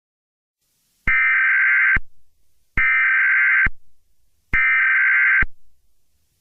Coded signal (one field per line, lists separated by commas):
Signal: Emergency Alert System (SAME) tones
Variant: header bursts